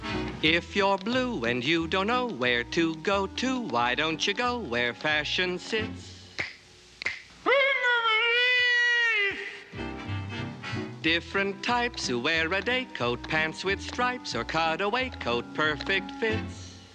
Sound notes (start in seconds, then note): 6.2 singing; 7.0 soundbite of snapping